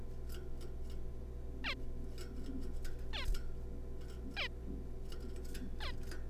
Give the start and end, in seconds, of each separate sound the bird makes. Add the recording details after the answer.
1.64-1.74, 3.13-3.25, 4.37-4.48, 5.81-5.92. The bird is a juvenile. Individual R3549